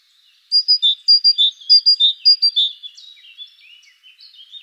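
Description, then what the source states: Great tit song, several strong alternating high and lower notes, then softer scattered chirps. Recorded in the Netherlands.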